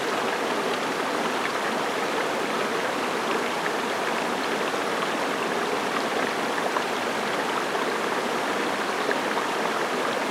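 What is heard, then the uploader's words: A city waterfall pours in a dense, steady rush of falling water, unchanging from start to finish. The sound sits mostly in the middle and upper range with little deep rumble, even, with faint splashing flecks scattered through the constant roar. City Waterfall | Audio of City.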